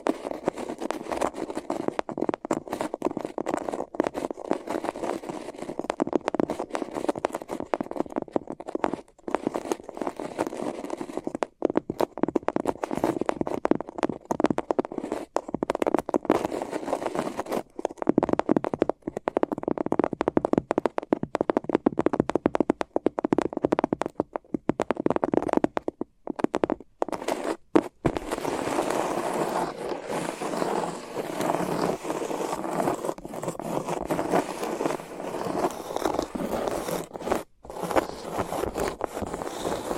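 Microphones under tape are rubbed and scratched, making a dense, continuous crackling and scraping with short dropouts scattered throughout. The sound sits mostly in the low and middle range, turning brighter and rougher after about 28 seconds, with a sharp break near 37 seconds.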